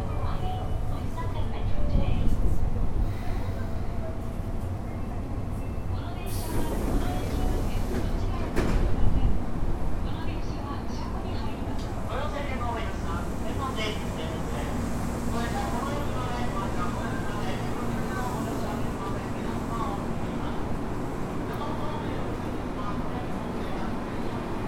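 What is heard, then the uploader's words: Inside a subway train car as it runs, a steady low rumble and hum fill the space, with louder rattling jolts around two and nine seconds. A thin electrical whine wavers through the middle, and passengers' voices murmur in the background. 大阪市地下鉄 10系チョッパ車 中津から天王寺まで. It is running sound of the Osaka Metro 10 series train (chopper car). I recorded on the Midosuji line.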